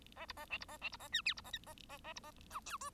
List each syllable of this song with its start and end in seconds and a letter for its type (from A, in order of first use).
0.16-0.26 A, 0.28-0.33 B, 0.36-0.45 A, 0.50-0.58 C, 0.60-0.65 B, 0.68-0.77 A, 0.81-0.89 C, 0.92-0.97 B, 0.99-1.08 A, 1.12-1.21 D, 1.25-1.33 E, 1.36-1.41 B, 1.44-1.51 A, 1.53-1.58 F, 1.66-1.73 A, 1.89-1.98 A, 2.04-2.13 A, 2.15-2.20 B, 2.23-2.31 A, 2.50-2.60 G, 2.66-2.78 H, 2.80-2.90 I